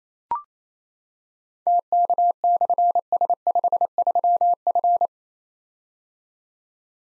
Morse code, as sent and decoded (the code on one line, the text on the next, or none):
- -.- -..-. ... ..... ...-- ..-.
TK/S53F